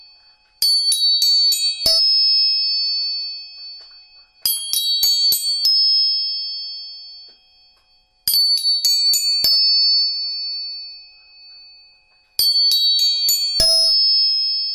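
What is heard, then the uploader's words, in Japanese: Tuning forks are struck in four bursts about every four seconds, each a quick run of four or five bright metallic taps. High, clear tones then ring on and slowly fade before the next group. It is otherwise silent. 音叉チューニング。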